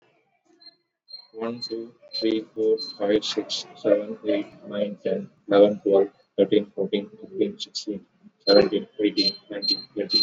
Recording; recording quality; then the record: counting at a normal pace; excellent, no background noise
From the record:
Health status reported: exposed to COVID-19, no respiratory illness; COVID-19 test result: not tested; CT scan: not taken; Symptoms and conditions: cough, cold, fever, fatigue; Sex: male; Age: 30 years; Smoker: no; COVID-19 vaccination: both doses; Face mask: worn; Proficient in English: yes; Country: India